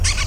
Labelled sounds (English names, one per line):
Brown-throated Parakeet contact call